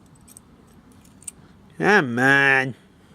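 A metal anti-rattle brake pad retaining clip is handled and pushed toward the caliper bracket during a front brake overhaul on a 2010 Toyota Corolla, with faint light metallic ticks near 0.4 s and 1.3 s. Someone then talks from about 1.8 to 2.7 s. Nothing has seated or clicked into place yet.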